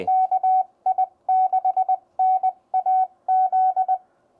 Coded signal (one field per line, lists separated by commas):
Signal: Morse code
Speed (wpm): 20 wpm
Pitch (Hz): 750 Hz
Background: none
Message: KI6NAZ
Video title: Huge Deep Dive Review: GUOHETECH PMR-171 #hamradio